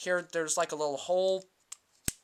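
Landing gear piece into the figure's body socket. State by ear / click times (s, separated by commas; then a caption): seated / 2.1 s. Someone talks, then pushes the pulled-out plastic landing gear of a transforming robot toy figure into a small hole in the figure's body socket. After a faint tick at 1.7 s, a sharp click at 2.1 s marks the landing gear snapping into place.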